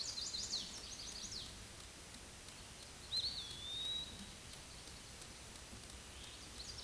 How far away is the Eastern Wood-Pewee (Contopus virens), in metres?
about 30 m